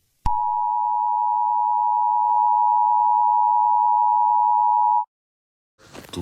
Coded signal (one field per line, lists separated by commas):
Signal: Emergency Alert System (SAME) tones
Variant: 853 and 960 Hz attention tone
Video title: EAS Scenario: The Earthquake